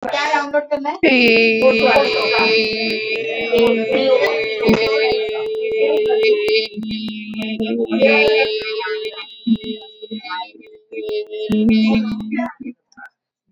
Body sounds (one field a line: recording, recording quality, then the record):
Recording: sustained vowel as in beet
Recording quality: excellent, no background noise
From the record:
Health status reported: healthy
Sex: female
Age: 28 years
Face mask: not worn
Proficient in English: yes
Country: India